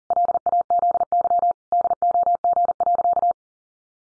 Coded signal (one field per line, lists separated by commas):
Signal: Morse code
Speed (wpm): 40 wpm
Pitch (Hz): 700 Hz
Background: none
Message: LAZY DOG.